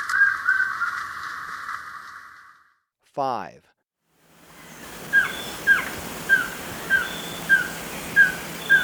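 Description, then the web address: White-streaked Antvireo song: a run of short rising notes repeated about every half second, after some brief unrelated sounds. Ecuador. "Birds of Ecuador 2. White-Streaked Antvireo (Plumbeous Antvireo)"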